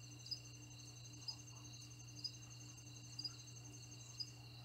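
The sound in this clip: Crickets chirp in short high bursts about every second, over a sustained trill and a low steady hum.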